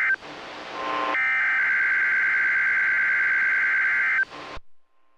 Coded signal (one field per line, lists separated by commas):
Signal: Emergency Alert System (SAME) tones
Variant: header bursts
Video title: EAS Capture #19-20 - Final RWTs of the year.